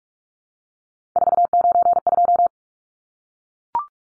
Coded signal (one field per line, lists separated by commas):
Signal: Morse code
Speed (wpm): 44 wpm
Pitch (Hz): 700 Hz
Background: none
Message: 492